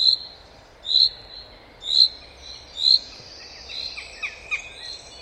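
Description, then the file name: Common chaffinch calls, sharp single notes at roughly one-second intervals, then softer, fainter chirps trailing off at the end. "Fringilla coelebs"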